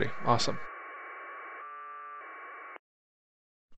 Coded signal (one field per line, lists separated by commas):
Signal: packet radio (AX.25, as in APRS)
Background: speech